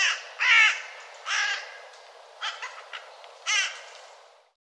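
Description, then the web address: Bird calling with raspy, cawing notes: two strong caws early, then several fainter short notes, and a final loud harsh caw near the end. "cianscape birddata Deverinetal 2025 File cleaned normalized Bird"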